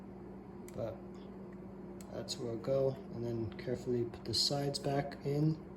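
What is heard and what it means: Plastic side panels of a transforming toy robot are being handled and guided back into its body, while someone talks over faint handling noises and a steady low hum. The clip ends before the panels go home, and nothing has seated or clicked yet.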